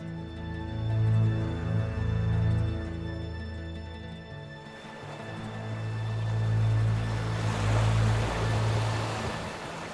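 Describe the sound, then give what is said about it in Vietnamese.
Steady wash of sea waves with a low, droning rumble underneath, swelling and easing in slow surges; no voices, just continuous water noise around a small boat drifting on the open sea in the late afternoon. “Buổi chiều tà, một chiếc thuyền nhỏ lênh đênh giữa biển.”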